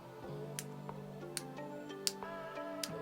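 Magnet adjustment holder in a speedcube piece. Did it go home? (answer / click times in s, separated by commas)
yes / 0.6 s, 1.4 s, 2.1 s, 2.8 s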